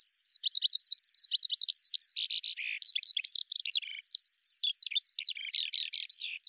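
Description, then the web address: Bird singing: a fast jumble of high chirps, trills and short buzzy notes that runs on continuously. "Deverinetal 2025 File cleaned normalized Bird Al Ar"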